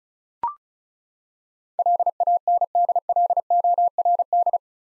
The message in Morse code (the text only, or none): LANDLORD